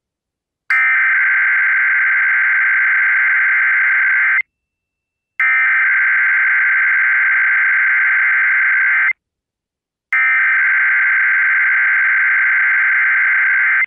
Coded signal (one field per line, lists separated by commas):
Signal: Emergency Alert System (SAME) tones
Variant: header bursts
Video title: AM/FM EAS #4 (EAS #45): VA EAS Statewide Tornado Drill 3/21/17